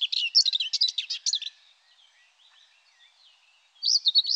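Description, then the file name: Common whitethroat song: a brisk, scratchy warble lasting about a second and a half, then a quiet pause before another chattering phrase begins. "Fauvette grisette"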